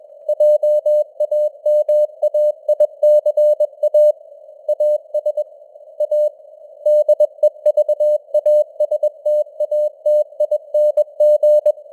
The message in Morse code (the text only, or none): JAMAICA AS A DEVASTATING